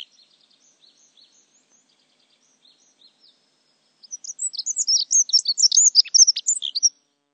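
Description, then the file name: Dunnock song: a few faint high notes, then a fast, bright, jingling warble lasting about three seconds before it stops. "Heckenbraunelle"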